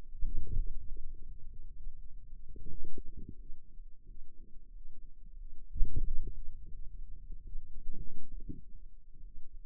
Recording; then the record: forearm muscle sounds (acoustic myography)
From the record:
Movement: wrist flexion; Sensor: system 2, bracelet of six BSWA MPA416 microphones around the upper forearm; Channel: 3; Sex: female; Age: 23 years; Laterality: right